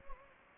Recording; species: mosquito wingbeat signal from an infrared sensor; Anopheles gambiae